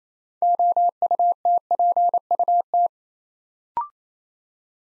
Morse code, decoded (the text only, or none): OUTPUT